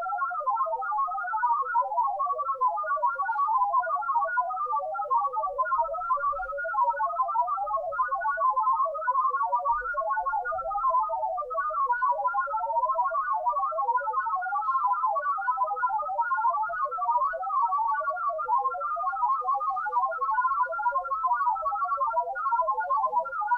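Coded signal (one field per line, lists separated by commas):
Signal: multi-tone FSK (Olivia or MFSK type)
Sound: rapid burbling of short musical tones hopping randomly within a narrow pitch band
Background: faint low hum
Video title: TEST SIGNAL - RTTY, BPSK31, OLIVIA.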